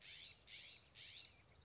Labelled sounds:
California Scrub-Jay
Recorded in Sonoma County, California

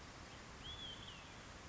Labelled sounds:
Olive-sided Flycatcher
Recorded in Sonoma County, California

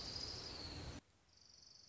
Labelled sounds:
Orange-crowned Warbler
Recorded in Sonoma County, California

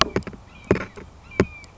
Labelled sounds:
Red-shouldered Hawk
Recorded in Sonoma County, California

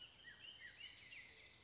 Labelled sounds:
California Towhee
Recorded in Sonoma County, California

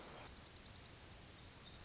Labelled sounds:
Black-throated Gray Warbler
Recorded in Sonoma County, California

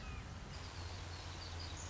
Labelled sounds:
Red-shouldered Hawk
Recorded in Sonoma County, California

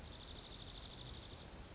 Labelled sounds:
Dark-eyed Junco
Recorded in Sonoma County, California

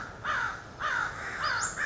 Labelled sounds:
American Crow
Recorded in Sonoma County, California

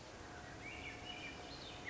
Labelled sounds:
Swainson's Thrush
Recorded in Sonoma County, California

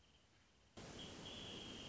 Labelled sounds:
Wrentit
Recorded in Sonoma County, California

